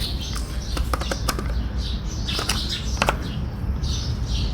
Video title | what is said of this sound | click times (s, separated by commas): pressure washer | ये फिर turn कर देते हैं और ये लॉक हो जाता है। | 3.0 s